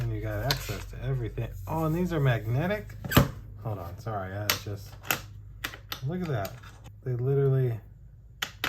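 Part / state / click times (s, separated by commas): screwdriver bit into magnetic bit holder / seated / 8.4 s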